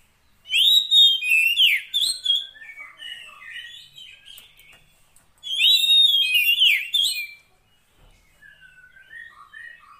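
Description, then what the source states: Oriental magpie-robin song in two loud phrases of bright whistles and trills, each trailing into softer, scattered notes. Fill-in (isian) training song of long duration, meant to get a kept bird singing vigorously (gacor) day and night.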